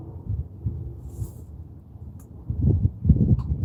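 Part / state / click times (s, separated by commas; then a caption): spark plug wire boot onto spark plug / seated / 3.1 s. A spark plug wire is routed to a bottom spark plug and its rubber boot is pushed on until the terminal snaps over the plug tip. Low rustling and handling noises build into louder scraping from about 2.5 s, with a sharp click at 3.1 s. The boot is seated on the plug.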